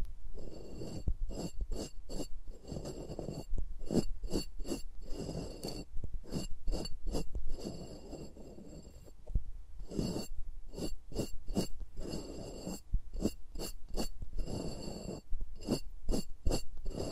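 Fingers move around microphones, making quick crisp taps in steady bursts, with soft low rubbing and scraping filling the gaps between them.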